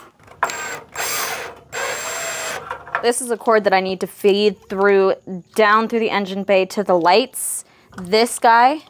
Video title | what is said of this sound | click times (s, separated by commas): $500 in Ford Bronco Mods from Amazon: Worth It or Just Waste? | uh let's see do they kind of pop in or oh there's actually an audible click nice | 0.4 s